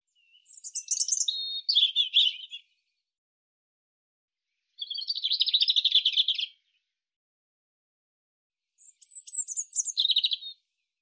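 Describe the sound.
European robin singing three separate high, twittering warbled phrases, each about two seconds long, with pauses of about two seconds between them.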